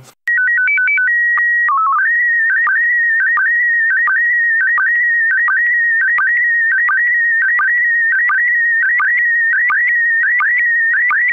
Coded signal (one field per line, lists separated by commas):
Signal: SSTV (slow-scan television)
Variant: PD 90